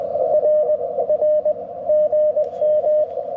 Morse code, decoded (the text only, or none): RR GM